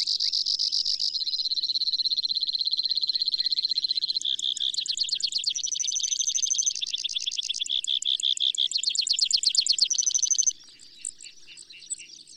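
Brewer's sparrow singing a long, high, insect-like run of buzzy trills that change speed and pitch several times, then fading to quiet chips at the end.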